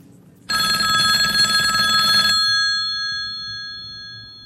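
A telephone on a table rings once in a loud, metallic burst lasting about two seconds, then its bright tones shimmer and fade away into silence.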